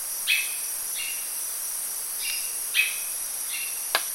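Bird calls: short notes, each a quick downward sweep into a level whistle, given about every second, over a constant high-pitched insect-like drone.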